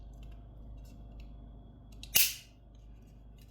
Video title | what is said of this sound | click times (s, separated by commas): Вимикачі клавішні та сенсорні. Які вибрати? | защолкнулись і | 2.2 s